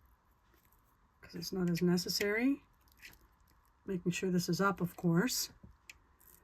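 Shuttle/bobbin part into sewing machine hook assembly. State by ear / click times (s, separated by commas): seated / 5.9 s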